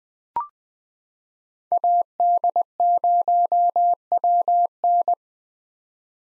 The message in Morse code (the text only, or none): AD0WN